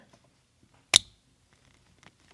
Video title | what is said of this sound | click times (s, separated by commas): Ram 2500 Upfitter Control Module Wire Stuck - Here's How To Remove it - Snow Chief Group Electronic | heard that click now it's in there solid | 1.0 s